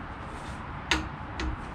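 A torque wrench set just below 30 ft-lb tightens a brake caliper bolt and clicks sharply at 0.9 s, confirming it has reached the setting. A second, quieter click follows at 1.4 s over low background noise.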